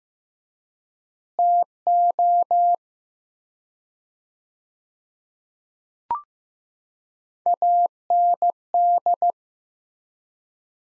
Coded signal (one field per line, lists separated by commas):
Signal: Morse code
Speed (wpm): 15 wpm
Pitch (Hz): 700 Hz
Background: none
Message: TO AND